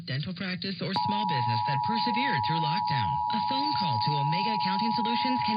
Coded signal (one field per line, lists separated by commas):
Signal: Emergency Alert System (SAME) tones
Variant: 853 and 960 Hz attention tone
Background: speech